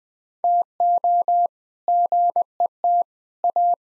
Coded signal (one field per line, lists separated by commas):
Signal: Morse code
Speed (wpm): 20 wpm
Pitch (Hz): 700 Hz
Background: none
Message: TO GET A